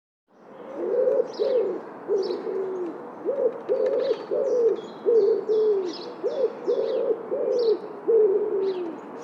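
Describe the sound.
Bird cooing: a run of low, soft hooting notes repeated, with high thin chirps above throughout.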